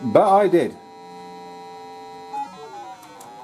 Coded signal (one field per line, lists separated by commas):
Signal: ZX Spectrum tape loading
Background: speech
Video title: Wec le Mans Comparison - Amstrad CPC - Commodore 64 - ZX Spectrum